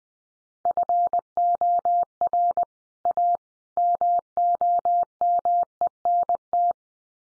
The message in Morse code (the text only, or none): FOR A MOMENT